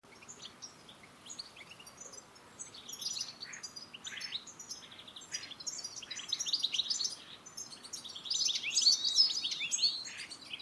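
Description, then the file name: European goldfinch calling in quick tinkling twitters, sparse and soft at first, then building into a louder, busier run of chirps and trills near the end. "Carduelis carduelis"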